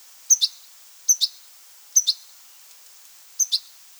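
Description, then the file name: European goldfinch giving high, tinkling double-noted calls, each pair a quick twitter, repeated four times at irregular intervals against a quiet background. "Carduelis carduelis"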